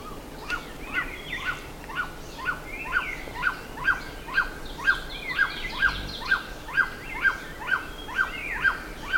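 Bird calls: a regular string of short sharp notes, about two each second, with softer higher chirps behind.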